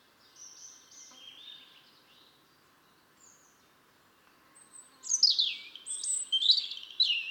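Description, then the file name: European robin delivering soft, high wavering notes, then after a pause a loud tumbling phrase of sweet, rapid, high trills. "Erithacus rubecula"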